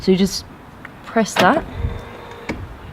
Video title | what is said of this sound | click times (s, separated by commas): fastest car ever! | you hear the latch opening inside and then | 2.5 s